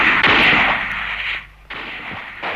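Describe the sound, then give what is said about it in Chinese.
Two sharp pistol gunshots fired at two collaborators, each a loud crack followed by a long, ringing echo that fades slowly; a dip to near quiet separates them, with no voices. “这个时候罗金宝嗖的一声拨开了两把刺刀，掏出了枪，冲着两个汉奸啪啪就是两枪。”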